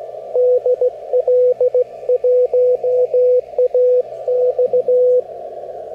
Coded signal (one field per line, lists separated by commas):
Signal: Morse code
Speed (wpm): 17 wpm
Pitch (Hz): 500 Hz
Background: radio noise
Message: DL1AX